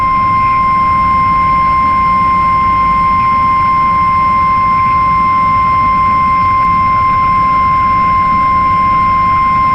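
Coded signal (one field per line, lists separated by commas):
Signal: Emergency Alert System (SAME) tones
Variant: 1050 Hz attention tone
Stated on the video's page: Simulated NOAA Weather Radio EAS scenario.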